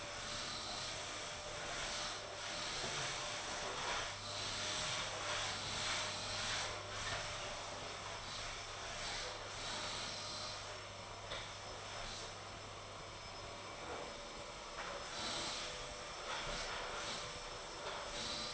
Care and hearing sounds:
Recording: daily activity, microphone in the room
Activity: vacuum cleaning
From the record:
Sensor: 5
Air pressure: 1000.2 hPa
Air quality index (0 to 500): 118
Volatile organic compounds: 1 ppm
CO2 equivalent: 939 ppm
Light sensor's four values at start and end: 151/355/153/166 and 145/340/146/158

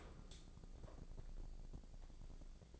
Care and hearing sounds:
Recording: daily activity, microphone in the room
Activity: open dishwasher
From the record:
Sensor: 5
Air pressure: 1012.4 hPa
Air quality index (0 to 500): 159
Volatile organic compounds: 2 ppm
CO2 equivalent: 1082 ppm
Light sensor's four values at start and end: 111/266/113/127 and 109/261/111/125

